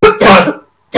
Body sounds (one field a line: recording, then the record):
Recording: coughing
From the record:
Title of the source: Barking cough - # 10